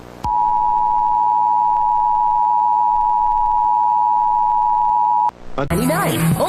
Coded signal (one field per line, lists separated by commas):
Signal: Emergency Alert System (SAME) tones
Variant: 853 and 960 Hz attention tone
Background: speech